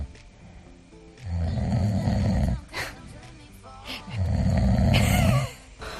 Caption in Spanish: En mi casa el que ronca es mi marido. Y vaya si lo hace.